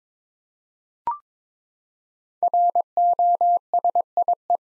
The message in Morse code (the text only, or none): ROSIE